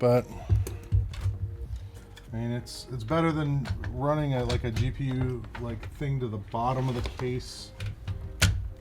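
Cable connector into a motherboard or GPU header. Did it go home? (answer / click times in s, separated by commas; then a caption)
yes / 8.4 s. During a PC build, a power or cable connector is pushed into its motherboard or GPU header while someone talks. A sharp snap sounds at 8.4 s, and the connector is seated with a small, positive click.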